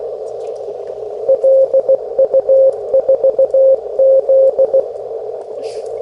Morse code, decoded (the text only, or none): LU4Z